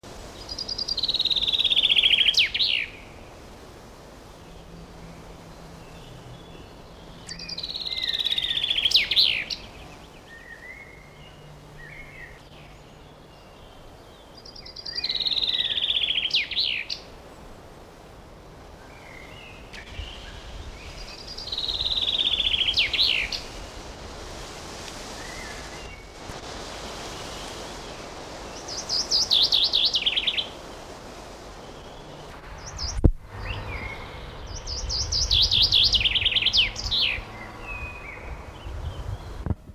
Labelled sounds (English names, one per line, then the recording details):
Common Chaffinch song
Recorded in the wild
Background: Turdus merula
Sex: male
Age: adult
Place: Summt, Brandenburg, DE
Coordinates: 52.69, 13.3603
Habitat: forest
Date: 1988-06-12 11:46
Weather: sunny, 14-18°C, gusty winds
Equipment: Nagra SN, Kopie Tesla B 116
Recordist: Tembrock, Günter
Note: Summter Wald, östlich der Autobahn. Gesang (zwei Strophentypen)